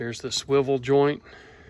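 The swivel joint on the front attachment point of a brass recovery bag, fitted to a firearm, is handled while someone talks for about the first 1.2 seconds, followed by quiet low-level background. Nothing has seated or clicked into its detent yet.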